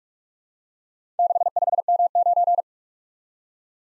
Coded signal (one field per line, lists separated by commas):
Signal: Morse code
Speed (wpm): 46 wpm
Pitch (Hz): 700 Hz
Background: none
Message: 65M9